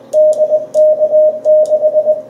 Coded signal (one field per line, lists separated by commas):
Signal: Morse code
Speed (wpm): 20 wpm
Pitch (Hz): 620 Hz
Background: radio noise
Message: DK6